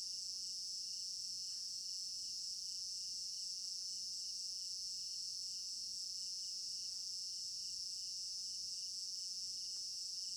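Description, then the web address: Cricket chorus: a continuous shrill high drone with a rhythmic lower pulsing trill, plus occasional faint clicks in the background. Crickets in an African village garden at night, recorded in stereo binaural. "African-Village Garden Night Crickets Stereo-Binaural. immersive sound library"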